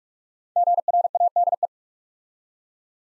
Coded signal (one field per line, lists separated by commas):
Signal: Morse code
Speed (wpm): 44 wpm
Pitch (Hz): 700 Hz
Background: none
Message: GRADE